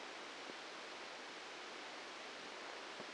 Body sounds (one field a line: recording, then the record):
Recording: brain microelectrode recording played as sound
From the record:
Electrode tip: inside the subthalamic nucleus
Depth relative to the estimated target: -1 mm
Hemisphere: left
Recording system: NeuroSet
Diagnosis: Parkinson's disease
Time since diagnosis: 8 years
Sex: male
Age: 59 years